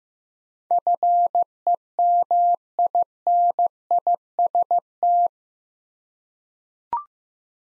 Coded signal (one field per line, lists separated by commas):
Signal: Morse code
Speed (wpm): 15 wpm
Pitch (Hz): 700 Hz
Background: none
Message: FEMINIST